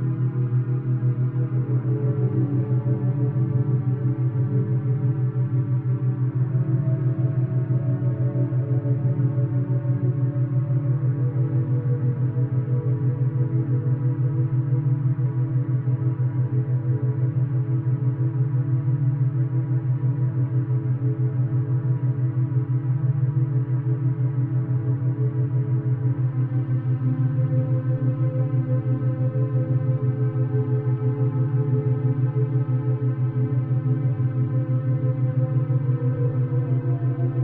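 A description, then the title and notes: A steady 40hz 6hz gamma wave drone hums low and constant, with layered bell-like overtones shifting gently around twenty-six seconds. 40hz 6hz gamma waves. Binaural beats.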